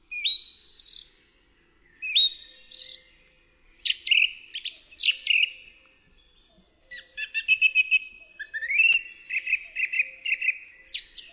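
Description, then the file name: Song thrush song: loud, varied whistled phrases with pauses between, some notes repeated several times in quick succession. "DROZD SPIEWAK"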